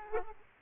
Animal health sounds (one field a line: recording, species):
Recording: mosquito wingbeat signal from an infrared sensor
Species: Aedes aegypti